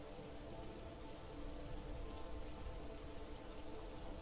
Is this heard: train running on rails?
no